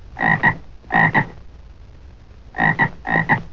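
Frog croaking in short paired bursts, two quick doubled croaks, a pause, then two more doubled croaks, over a low background hum.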